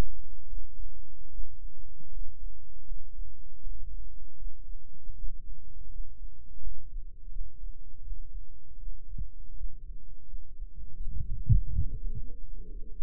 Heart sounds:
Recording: heart sounds by microphone in the right ear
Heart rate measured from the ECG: 80 bpm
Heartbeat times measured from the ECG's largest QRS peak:
0.46 s: heartbeat
1.28 s: heartbeat
2.10 s: heartbeat
2.85 s: heartbeat
3.60 s: heartbeat
4.35 s: heartbeat
5.12 s: heartbeat
5.88 s: heartbeat
6.60 s: heartbeat
7.29 s: heartbeat
8.01 s: heartbeat
8.76 s: heartbeat
9.54 s: heartbeat
10.27 s: heartbeat
10.98 s: heartbeat
11.70 s: heartbeat
12.41 s: heartbeat
From the record:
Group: healthy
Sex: male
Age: 21 years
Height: 180 cm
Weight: 67.5 kg

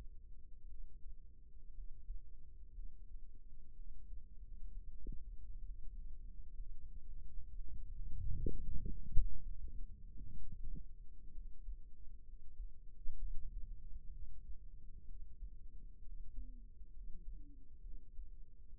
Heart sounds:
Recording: heart sounds by microphone in the right ear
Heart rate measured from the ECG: 63 bpm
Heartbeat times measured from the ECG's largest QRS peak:
0.65 s: heartbeat
1.71 s: heartbeat
2.71 s: heartbeat
3.72 s: heartbeat
4.70 s: heartbeat
5.62 s: heartbeat
6.53 s: heartbeat
7.49 s: heartbeat
8.45 s: heartbeat
9.41 s: heartbeat
10.34 s: heartbeat
11.30 s: heartbeat
12.22 s: heartbeat
13.16 s: heartbeat
14.09 s: heartbeat
15.04 s: heartbeat
16.00 s: heartbeat
16.90 s: heartbeat
17.79 s: heartbeat
18.72 s: heartbeat
From the record:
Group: healthy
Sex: female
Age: 37 years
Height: 168 cm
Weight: 70 kg

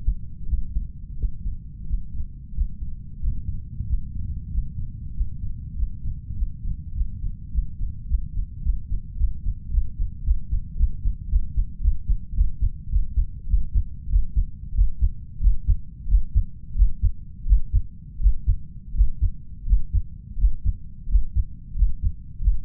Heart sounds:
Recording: heart sounds by stethoscope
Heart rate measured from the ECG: 96 bpm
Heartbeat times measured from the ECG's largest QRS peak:
0.46 s: heartbeat
1.16 s: heartbeat
1.85 s: heartbeat
2.53 s: heartbeat
3.19 s: heartbeat
3.85 s: heartbeat
4.50 s: heartbeat
5.12 s: heartbeat
5.74 s: heartbeat
6.34 s: heartbeat
6.93 s: heartbeat
7.50 s: heartbeat
8.06 s: heartbeat
8.61 s: heartbeat
9.15 s: heartbeat
9.69 s: heartbeat
10.22 s: heartbeat
10.75 s: heartbeat
11.28 s: heartbeat
11.80 s: heartbeat
12.33 s: heartbeat
12.89 s: heartbeat
13.47 s: heartbeat
14.08 s: heartbeat
14.73 s: heartbeat
15.40 s: heartbeat
16.07 s: heartbeat
16.74 s: heartbeat
17.45 s: heartbeat
18.19 s: heartbeat
18.93 s: heartbeat
19.65 s: heartbeat
20.37 s: heartbeat
21.07 s: heartbeat
21.75 s: heartbeat
22.40 s: heartbeat
From the record:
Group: healthy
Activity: breath hold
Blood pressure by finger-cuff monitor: 98/69 mmHg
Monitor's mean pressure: 78 mmHg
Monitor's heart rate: 91 bpm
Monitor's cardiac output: 6.1 L/min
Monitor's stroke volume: 66 mL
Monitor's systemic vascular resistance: 860 dyn s/cm5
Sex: male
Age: 21 years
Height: 170 cm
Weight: 71 kg

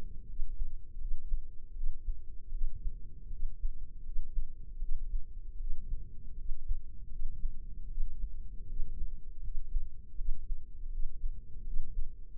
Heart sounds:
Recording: heart sounds by microphone in the left ear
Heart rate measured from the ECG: 80 bpm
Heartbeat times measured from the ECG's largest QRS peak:
0.24 s: heartbeat
0.96 s: heartbeat
1.71 s: heartbeat
2.49 s: heartbeat
3.27 s: heartbeat
4.01 s: heartbeat
4.77 s: heartbeat
5.55 s: heartbeat
6.33 s: heartbeat
7.07 s: heartbeat
7.85 s: heartbeat
8.64 s: heartbeat
9.39 s: heartbeat
10.14 s: heartbeat
10.88 s: heartbeat
11.61 s: heartbeat
12.31 s: heartbeat
From the record:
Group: healthy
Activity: rest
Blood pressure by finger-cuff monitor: 115/87 mmHg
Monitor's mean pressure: 99 mmHg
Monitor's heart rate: 78 bpm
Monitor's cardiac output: 6.1 L/min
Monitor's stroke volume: 77 mL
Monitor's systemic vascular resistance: 1190 dyn s/cm5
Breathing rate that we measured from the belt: 21 breaths a minute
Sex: female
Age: 23 years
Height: 160 cm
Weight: 50.4 kg

